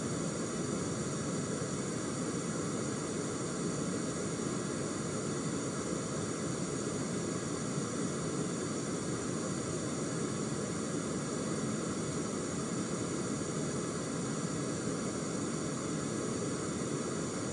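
Pink noise runs without change for the whole clip, a dense, even hiss weighted toward the low end so it sounds deep and rushing rather than bright. There are no events, pulses or pauses; the level stays flat from start to finish.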